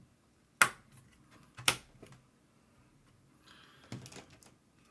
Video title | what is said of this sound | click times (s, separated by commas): Ryzen 7 9800X3D new PC Build livestream - X870E Taichi - NZXT H7 Flow 2024 | you want to put them in until you hear the click | 0.6 s, 1.7 s